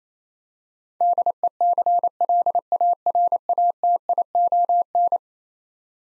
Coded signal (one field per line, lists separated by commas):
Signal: Morse code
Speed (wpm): 28 wpm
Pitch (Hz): 700 Hz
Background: none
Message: DECLARATION